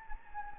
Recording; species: mosquito wingbeat signal from an infrared sensor; Anopheles gambiae